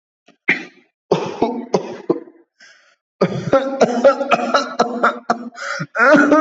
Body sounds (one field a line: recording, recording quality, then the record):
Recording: heavy voluntary cough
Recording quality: excellent, no background noise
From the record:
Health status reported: COVID-19 positive, mild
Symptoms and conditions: cough, cold, muscle pain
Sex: male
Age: 25 years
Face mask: not worn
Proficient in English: yes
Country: India